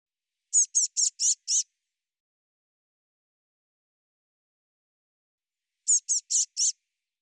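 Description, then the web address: Eurasian blue tit giving two bursts of high, rapid notes, five then four, separated by about four seconds of silence. "cianscape birddata Deverinetal 2025 File cleaned normalized Bird Cy Ca"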